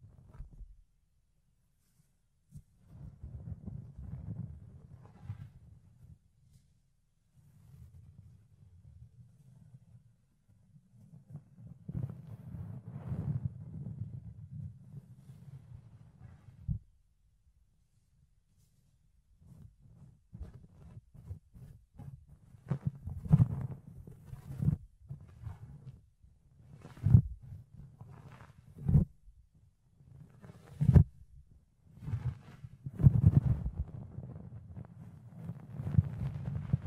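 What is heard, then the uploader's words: Muffled rubbing and scratching of fluffy ear cleaning, low and soft at first, then sharper clicky scrapes and taps after twenty seconds. ASMR Fluffy Ear Cleaning, Ear Picking (No Talking).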